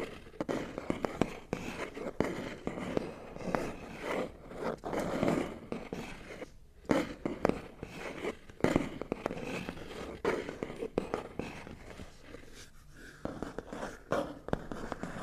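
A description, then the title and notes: Scratching and rubbing on cardboard boxes, a dense, uneven stream of rough scrapes with sharp snapping clicks and a brief pause near seven seconds. Scratching, Rubbing & Tracing on Cardboard Boxes (NO TALKING).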